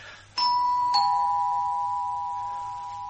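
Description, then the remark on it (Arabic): A doorbell at an apartment door rings with a classic two-tone ding-dong, a higher chime followed by a lower one, each note bright and sustained, the second tone slowly fading out. “اضرب الجرس.”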